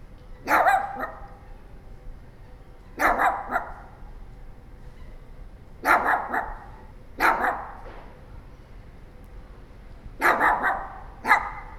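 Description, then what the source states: Dog barking in five short bursts of sharp yaps at irregular intervals, over a faint steady background hiss. A small dog.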